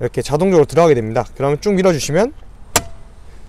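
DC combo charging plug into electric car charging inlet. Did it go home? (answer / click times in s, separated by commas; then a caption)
yes / 2.8 s. A DC combo charging plug is lined up with the charging inlet of a MINI Cooper 3-door electric car and pushed all the way in while someone talks. At 2.8 s it latches into the inlet with a single sharp click, and the plug is seated.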